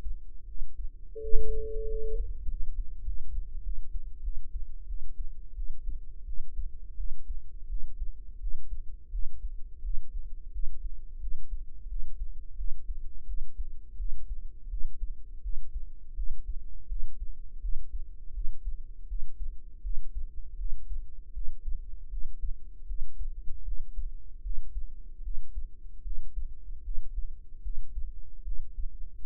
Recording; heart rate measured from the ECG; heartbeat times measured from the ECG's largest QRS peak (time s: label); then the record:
heart sounds by microphone in the right ear; 83 bpm
0.45 s: heartbeat
1.18 s: heartbeat
1.86 s: heartbeat
2.46 s: heartbeat
3.04 s: heartbeat
3.62 s: heartbeat
4.21 s: heartbeat
4.86 s: heartbeat
5.54 s: heartbeat
6.24 s: heartbeat
6.96 s: heartbeat
7.68 s: heartbeat
8.39 s: heartbeat
9.11 s: heartbeat
9.82 s: heartbeat
10.51 s: heartbeat
11.20 s: heartbeat
11.88 s: heartbeat
12.56 s: heartbeat
13.26 s: heartbeat
13.97 s: heartbeat
14.69 s: heartbeat
15.42 s: heartbeat
16.15 s: heartbeat
16.88 s: heartbeat
17.61 s: heartbeat
18.33 s: heartbeat
19.07 s: heartbeat
19.82 s: heartbeat
20.57 s: heartbeat
21.33 s: heartbeat
22.09 s: heartbeat
22.86 s: heartbeat
23.64 s: heartbeat
24.42 s: heartbeat
25.22 s: heartbeat
26.03 s: heartbeat
26.82 s: heartbeat
27.62 s: heartbeat
28.43 s: heartbeat
29.24 s: heartbeat
From the record:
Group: healthy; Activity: rest 0-4 s, breath hold 4-29 s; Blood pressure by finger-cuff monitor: 99/58 mmHg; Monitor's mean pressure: 72 mmHg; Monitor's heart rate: 83 bpm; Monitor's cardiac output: 7.6 L/min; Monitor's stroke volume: 91 mL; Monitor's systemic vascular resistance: 730 dyn s/cm5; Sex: female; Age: 19 years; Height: 163 cm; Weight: 48.9 kg